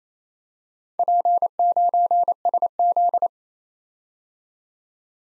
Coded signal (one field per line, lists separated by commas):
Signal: Morse code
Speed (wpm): 27 wpm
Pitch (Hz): 700 Hz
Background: none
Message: P9SZ